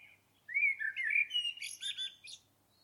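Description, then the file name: Common blackbird song phrase: mellow fluting notes rising in steps and closing in a burst of high, scratchy twittering. "Turdus merula"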